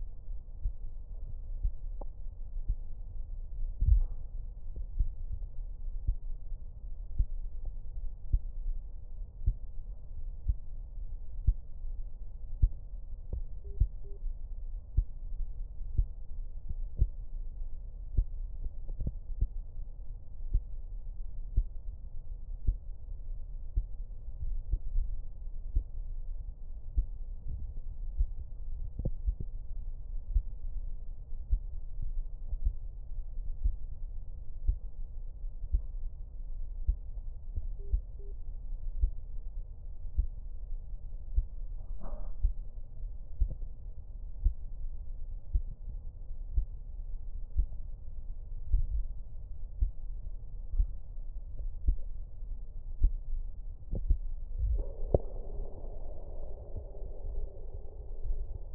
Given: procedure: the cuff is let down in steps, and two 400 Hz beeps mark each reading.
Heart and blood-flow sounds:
Korotkoff sounds by stethoscope; brachial artery, at the lower edge of an arm cuff
13.64-14.17 s: 110 mmHg
37.79-38.32 s: 100 mmHg
From the record:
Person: healthy adult, 24 to 32 years, lying on the back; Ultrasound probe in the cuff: middle

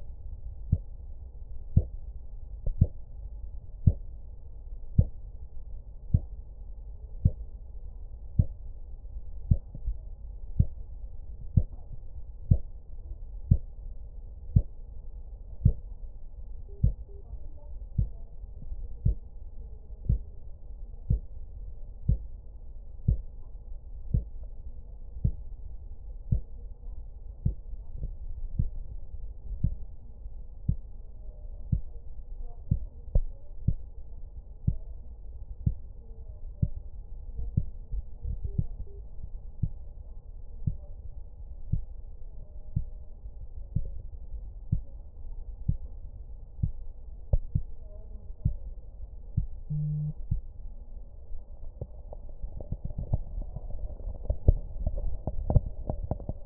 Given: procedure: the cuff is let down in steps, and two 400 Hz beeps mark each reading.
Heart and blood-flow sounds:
Korotkoff sounds by stethoscope; brachial artery, at the lower edge of an arm cuff
16.69-17.21 s: 110 mmHg
38.47-39.00 s: 100 mmHg
From the record:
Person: healthy adult, 24 to 32 years, lying on the back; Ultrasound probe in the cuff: middle

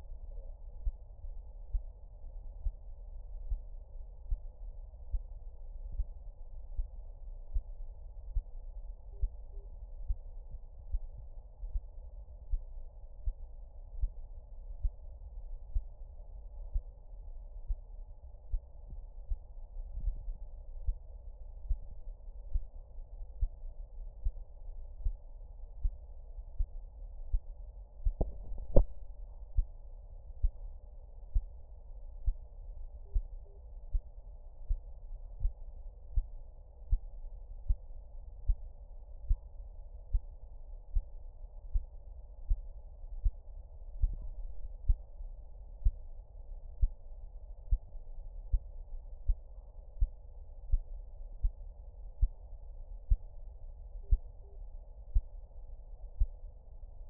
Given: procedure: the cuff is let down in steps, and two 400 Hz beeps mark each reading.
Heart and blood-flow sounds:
Korotkoff sounds by stethoscope; brachial artery, at the lower edge of an arm cuff
9.13-9.65 s: 100 mmHg
33.06-33.58 s: 90 mmHg
54.04-54.56 s: 80 mmHg
From the record:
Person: healthy adult, 24 to 32 years, lying on the back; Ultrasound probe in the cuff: proximal

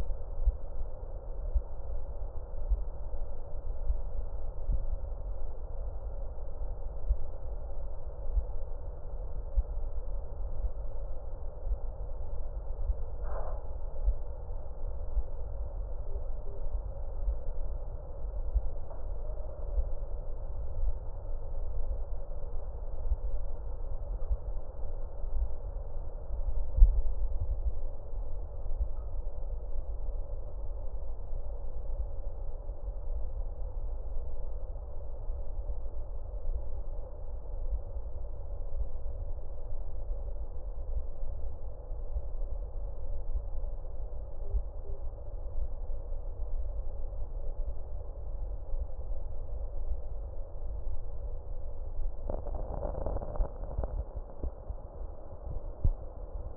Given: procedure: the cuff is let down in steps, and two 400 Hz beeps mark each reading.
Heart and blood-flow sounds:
Korotkoff sounds by stethoscope; brachial artery, at the lower edge of an arm cuff
16.06-16.59 s: 65 mmHg
44.44-44.97 s: 60 mmHg
From the record:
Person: healthy adult, 24 to 32 years, lying on the back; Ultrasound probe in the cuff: middle

